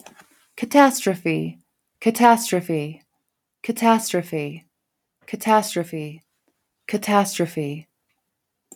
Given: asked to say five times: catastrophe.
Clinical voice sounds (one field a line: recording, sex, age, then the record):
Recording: repeated word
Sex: female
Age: 40 to 49 years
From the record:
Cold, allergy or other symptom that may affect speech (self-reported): no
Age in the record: 45 years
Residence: New Mexico, United States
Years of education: 18